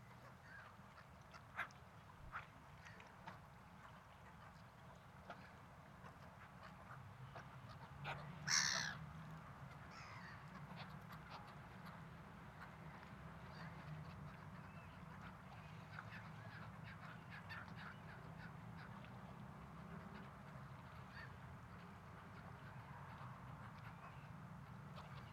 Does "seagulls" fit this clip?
yes